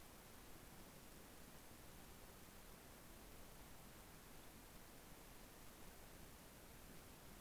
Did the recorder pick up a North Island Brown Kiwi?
no